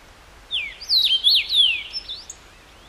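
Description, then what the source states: Common rosefinch with one bright whistled phrase of several looping, up-and-down slurred notes. Recorded 14 June 2012; recording marked KBGD.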